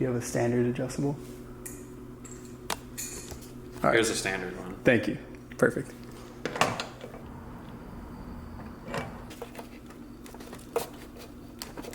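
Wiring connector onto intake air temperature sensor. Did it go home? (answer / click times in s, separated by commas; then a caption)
no / none. Someone talks while a plastic electrical connector is pushed onto the intake air temperature sensor on a Nissan 300ZX engine, with scattered light knocks and metallic clinks of handling. The connector has no plastic lock, and nothing has clicked or seated yet.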